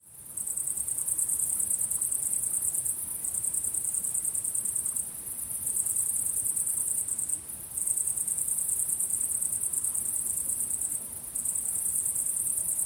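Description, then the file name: Crickets chirping: a sharp, high, rapidly pulsed trill that starts abruptly and stops briefly a few times. Recorded at sunset. "syrsor solnedgang"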